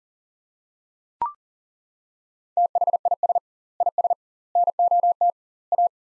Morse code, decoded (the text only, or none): THIS IS NOT A